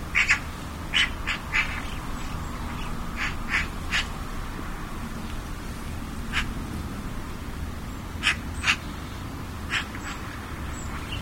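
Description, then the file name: Eurasian magpie uttering scattered harsh, scratchy notes, sometimes paired, spread throughout with gaps, against a constant low rumbling background. "Pie bavarde"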